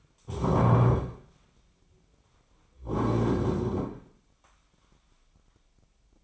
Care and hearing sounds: daily activity, microphone in the room; stand up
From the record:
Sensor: 1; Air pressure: 1009.3 hPa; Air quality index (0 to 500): 178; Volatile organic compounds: 3 ppm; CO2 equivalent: 1507 ppm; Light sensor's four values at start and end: 42/113/46/55 and 40/104/44/51

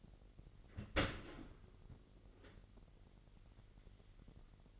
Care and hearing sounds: daily activity, microphone in the room; open dishwasher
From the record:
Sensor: 4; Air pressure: 999.2 hPa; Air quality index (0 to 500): 122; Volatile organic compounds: 2 ppm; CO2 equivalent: 1199 ppm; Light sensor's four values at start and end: 8/20/8/8 and 8/20/8/8

